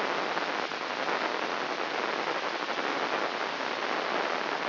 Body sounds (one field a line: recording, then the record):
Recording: brain microelectrode recording played as sound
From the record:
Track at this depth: outside the subthalamic nucleus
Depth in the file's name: -0.284 mm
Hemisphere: left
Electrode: 3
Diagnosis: Parkinson's disease